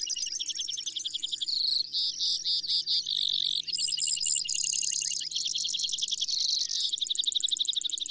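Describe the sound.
Brewer's sparrow singing linked buzzy trills and rattles at shifting speeds and pitches, a low steady hum behind.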